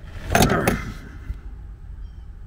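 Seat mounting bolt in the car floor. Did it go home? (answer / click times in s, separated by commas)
no / 0.3 s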